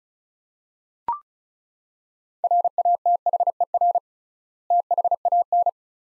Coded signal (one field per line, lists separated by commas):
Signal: Morse code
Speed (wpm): 36 wpm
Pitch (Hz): 700 Hz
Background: none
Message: RATHER THAN